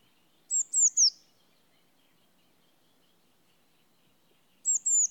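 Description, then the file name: Eurasian blue tit giving very high, thin notes: three quick descending tsee notes, a long pause, then a few more similar notes near the end. "Cyanistes caeruleus"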